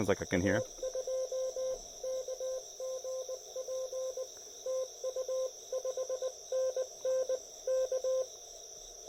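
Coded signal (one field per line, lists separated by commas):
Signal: Morse code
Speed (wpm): 19 wpm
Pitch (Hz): 520 Hz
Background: speech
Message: EA2KGP TU5NN K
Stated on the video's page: Park activation.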